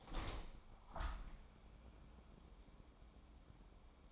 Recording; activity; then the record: daily activity, microphone in the room; open window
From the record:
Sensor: 1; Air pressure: 1000.4 hPa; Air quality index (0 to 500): 180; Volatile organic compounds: 4 ppm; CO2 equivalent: 1658 ppm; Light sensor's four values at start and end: 10/25/10/12 and 11/26/11/12